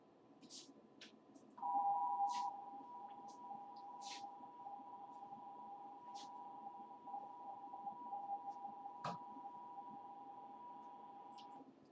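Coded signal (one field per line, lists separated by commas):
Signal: RTTY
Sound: continuous two-tone warbling teleprinter signal around 900 Hz with static crackles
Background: radio static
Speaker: I got a little radio teletype going on right now let's turn the volume up so you can hear it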